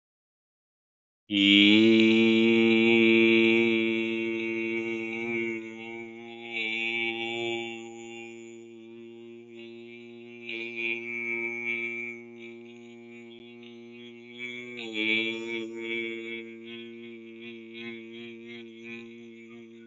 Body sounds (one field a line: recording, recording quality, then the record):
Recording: sustained vowel as in beet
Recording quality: excellent, no background noise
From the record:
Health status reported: healthy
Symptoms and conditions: none ticked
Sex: male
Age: 35 years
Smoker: not ticked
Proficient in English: yes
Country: India